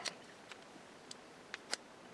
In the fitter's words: it locks into place